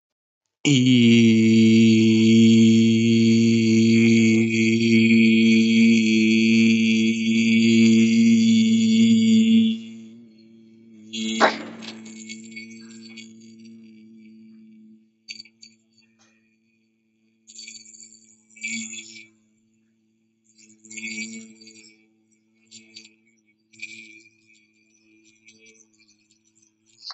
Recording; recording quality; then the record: sustained vowel as in beet; excellent, no background noise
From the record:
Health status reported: healthy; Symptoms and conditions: none ticked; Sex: male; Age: 19 years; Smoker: not ticked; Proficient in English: yes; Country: India